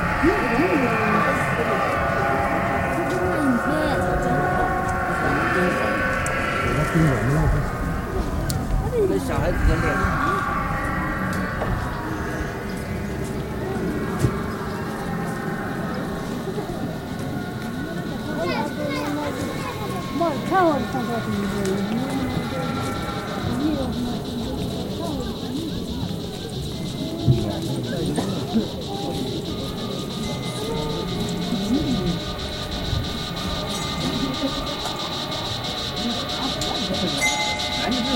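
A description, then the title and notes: A crowd of pilgrims walks around the Jokhang temple in Lhasa, many voices talking and overlapping at once in a steady murmur. A faint high ringing tone holds through the second half, and occasional small knocks and clicks stand out from the chatter. Sounds from a walk (khora) around the Jokhang ,first temple of Lhassa, Tibet ,with a flow of pilgrims and religious shops. Electronic treatment in direct.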